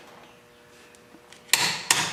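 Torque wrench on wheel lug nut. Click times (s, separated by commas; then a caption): 1.5 s. A torque wrench checks a wheel lug nut on a Ford Powerstroke Super Duty single-wheel truck to 140 ft-lb after the nuts were run down with an impact. Faint ticks give way to a sharp, bright metallic click at 1.5 s, followed by a second loud click at 1.9 s. The click at 1.5 s confirms the nut has reached torque.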